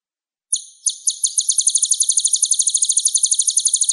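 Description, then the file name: Olive-backed sunbird singing a very high, rapid trill of sharp repeated notes, starting after a brief silence and running steadily. "suara burung kolibri ninja jernih"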